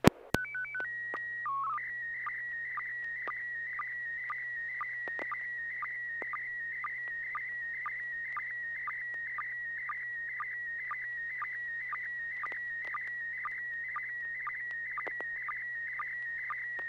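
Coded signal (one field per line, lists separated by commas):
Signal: SSTV (slow-scan television)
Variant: PD 120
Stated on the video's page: SSTV net on an FM repeater, 441.30 MHz, sent with MMSSTV software.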